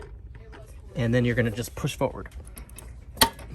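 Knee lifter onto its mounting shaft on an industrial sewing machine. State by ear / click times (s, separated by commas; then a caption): seated / 3.2 s. Someone talks while a knee lifter is pushed forward onto its mounting shaft under the table of a Juki 1541S industrial sewing machine, with its T-shaped key lined up. It takes a forceful hit to go on, and it clicks into place with a sharp, loud knock at 3.2 s, seating the knee lifter on the shaft.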